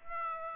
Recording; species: mosquito wingbeat signal from an infrared sensor; Aedes aegypti